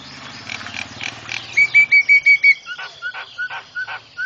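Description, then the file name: Javan myna song: a soft hissing chatter over a low hum, then a row of short clear whistles followed by lower repeated whistled notes. Masteran for training cage birds; white-eyed form (mata putih). "masteran jalak kebo mata putih"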